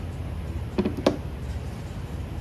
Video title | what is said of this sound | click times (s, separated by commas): EASY oil pressure sensor change 2007-2014 Suburban Sierra Silverado Tahoe Escalade 5.3L | And all we gotta do is clip the wiring harness on. | 0.8 s, 1.1 s